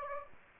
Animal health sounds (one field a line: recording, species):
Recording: mosquito wingbeat signal from an infrared sensor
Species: Aedes aegypti